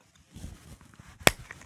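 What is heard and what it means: A rotating belt loop is worked off a Kydex sheath, with soft low handling rustle at first. It comes free with a sharp, loud click at 1.3 s, followed by a few fainter ticks. The belt loop is released from the sheath.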